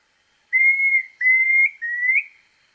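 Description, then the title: Planalto tyrannulet song: three clear, drawn-out whistled notes, each held fairly steady, the last two flicking upward at the end, given in quick succession on a silent background. Subspecies brevirostris. "LuckyPassaro Completos2Sama. Planalto Tyrannulet (Phyllomyias fasciatus brevirostris)"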